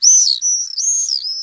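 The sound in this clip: Swift calls: high, thin, wavering notes that slide up and down in a continuous string of shrill sweeps.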